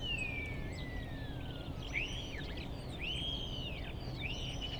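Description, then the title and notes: Common starling song: a long descending whistle, then a run of arched whistled notes repeated roughly every second, with faint high chatter and low background noise. Starlings outside a window in rural Goworów, Poland, mimicking other bird species rather than car alarms; recorded with Zoom F4 and AT BP4025. "Goworów 6, 57-515, Poland - Starlings mimicking other species. Zainstalowały mi się za oknem szpaki i udają najróżniejsze inne dźwięki. Obok wcale nie ma stawu - to szpaki udają żaby. Tak samo z wołaniem żurawi - to słabsze głosy, ale ewidentny zaśpiew żurawia"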